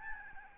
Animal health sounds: mosquito wingbeat signal from an infrared sensor; Aedes albopictus

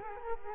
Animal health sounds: mosquito wingbeat signal from an infrared sensor; Culex quinquefasciatus

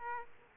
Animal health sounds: mosquito wingbeat signal from an infrared sensor; Aedes aegypti

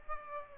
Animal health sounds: mosquito wingbeat signal from an infrared sensor; Aedes aegypti

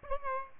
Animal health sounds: mosquito wingbeat signal from an infrared sensor; Aedes albopictus

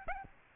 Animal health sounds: mosquito wingbeat signal from an infrared sensor; Aedes albopictus

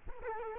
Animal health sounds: mosquito wingbeat signal from an infrared sensor; Culex quinquefasciatus

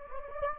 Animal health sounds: mosquito wingbeat signal from an infrared sensor; Anopheles gambiae

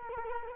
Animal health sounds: mosquito wingbeat signal from an infrared sensor; Culex quinquefasciatus

